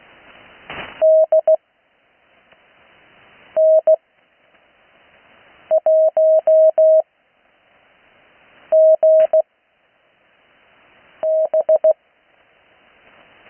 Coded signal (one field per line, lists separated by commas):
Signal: Morse code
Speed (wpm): 16 wpm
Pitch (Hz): 630 Hz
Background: none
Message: DN1GB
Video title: Morse code practice recorded live on 80m 19-08-2026